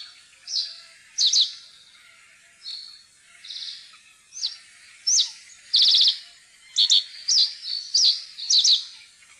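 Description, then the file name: Common reed bunting song: high, short chirped notes mixed with brief buzzy bursts, delivered in quick irregular succession with short pauses between. "sivspurv"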